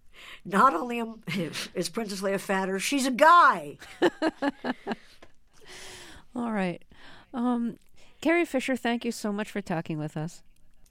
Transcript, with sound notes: Not only is Princess Leia fatter, she's a guy.
(Laughter). All right. Carrie Fisher, thank you so much for talking with us.